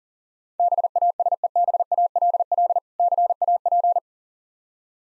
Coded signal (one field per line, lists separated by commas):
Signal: Morse code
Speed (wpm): 42 wpm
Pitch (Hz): 700 Hz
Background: none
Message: BASEBALL CAP